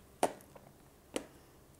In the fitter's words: ναι κουμπώνει πιο δυνατά